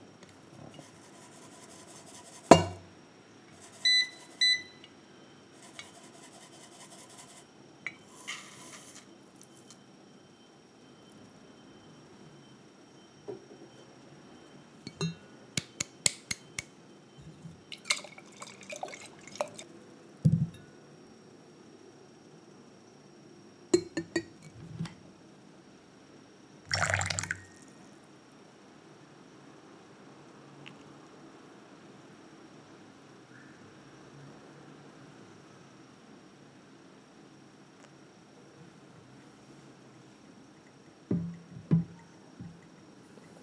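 Hand-brewing coffee, with glass and utensils clinking in short, scattered bursts: a sharp knock near three seconds, small chimes around four, and clusters of clatter near fifteen, twenty-four, twenty-seven and forty-two seconds. Between them is a quiet, steady low hum.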